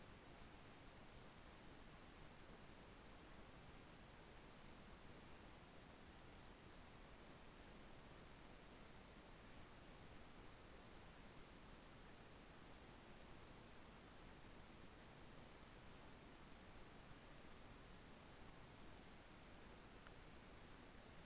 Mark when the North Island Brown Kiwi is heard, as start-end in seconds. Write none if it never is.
none